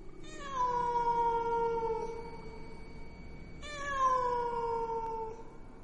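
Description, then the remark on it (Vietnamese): A cat in a dark corner of a room lets out two long, mournful wails, each one drawn out and slowly falling in pitch, with a short pause between them and no one speaking. “Được một lúc, nó lại nhảy vào trong góc tối của căn phòng, kêu lên mấy tiếng thê lương, rồi biến mất.”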